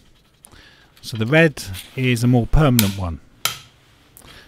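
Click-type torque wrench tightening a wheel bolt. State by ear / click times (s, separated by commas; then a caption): torque reached / 3.4 s. A click-type torque wrench tightens a wheel bolt treated with red thread lock to 85 Nm while someone talks. A loud, sharp single click comes at 3.4 s as the wrench reaches its setting, followed by fainter taps.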